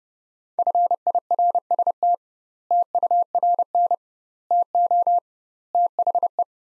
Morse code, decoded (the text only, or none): FIRST TURN TO THE